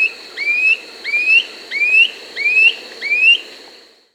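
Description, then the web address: Gray antwren calling with five clear, upslurred whistles in a steady series, each note short and rising, spaced a little over half a second apart. Peru, Amazon region. "Birds of the Amazon 2. Gray Antwren (Myrmotherula menetriesii), Peru"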